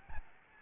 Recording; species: mosquito wingbeat signal from an infrared sensor; Aedes albopictus